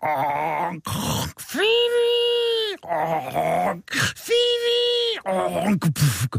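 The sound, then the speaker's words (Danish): A man imitates snoring with his voice: two long, droning groans with a steady low pitch, separated by shorter grunting, breathy sounds, all fairly loud. “En ægte mand, der snorker.”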